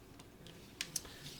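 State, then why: Seated. A router's depth lock on its base is worked, locking the router motor into its base so it holds the setting. A few faint ticks come first, then a sharp click at 0.8 s as it locks into place, followed closely by a second sharp click at about 1.0 s. The router is locked and seated.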